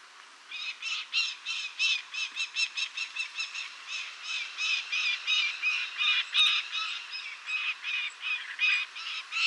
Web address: sound Lanner-falcon. صدای-پرنده-لاچين